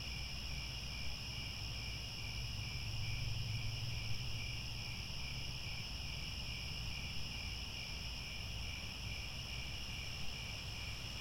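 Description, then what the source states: Crickets chirping as a dense, even chorus of high trills with soft pulsing, low rumbling noise beneath throughout. Chorus of crickets chirping at twilight as the sun sets, with stars overhead.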